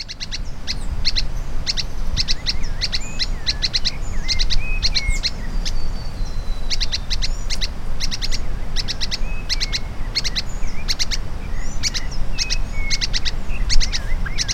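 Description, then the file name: Spix's spinetail calling in clusters of sharp, clipped notes repeated steadily throughout, with thin whistles and a low rumbling background. Recorded at Campos do Jordão, SP, dated 4-12-09. "Synallaxis-spixi-PECamposdo Jord SP. ASilveira"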